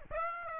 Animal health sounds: mosquito wingbeat signal from an infrared sensor; Aedes aegypti

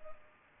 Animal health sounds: mosquito wingbeat signal from an infrared sensor; Culex pipiens

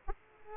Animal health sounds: mosquito wingbeat signal from an infrared sensor; Aedes aegypti

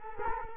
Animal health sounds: mosquito wingbeat signal from an infrared sensor; Culex quinquefasciatus

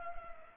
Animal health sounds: mosquito wingbeat signal from an infrared sensor; Culex pipiens

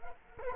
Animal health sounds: mosquito wingbeat signal from an infrared sensor; Culex quinquefasciatus

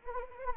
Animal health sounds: mosquito wingbeat signal from an infrared sensor; Anopheles arabiensis

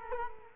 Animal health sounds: mosquito wingbeat signal from an infrared sensor; Culex quinquefasciatus

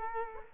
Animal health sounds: mosquito wingbeat signal from an infrared sensor; Culex quinquefasciatus

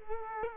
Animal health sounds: mosquito wingbeat signal from an infrared sensor; Culex quinquefasciatus

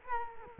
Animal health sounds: mosquito wingbeat signal from an infrared sensor; Culex quinquefasciatus

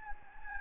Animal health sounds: mosquito wingbeat signal from an infrared sensor; Anopheles gambiae

